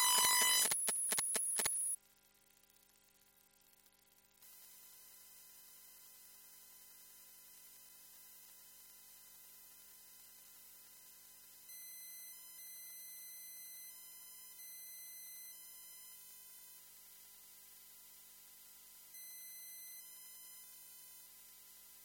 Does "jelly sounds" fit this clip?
no